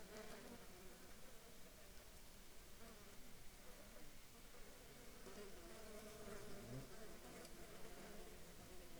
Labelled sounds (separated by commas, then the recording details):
insects
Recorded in Ivvavik National Park, Yukon, on 4 July 2019 at 15:19
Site SINP03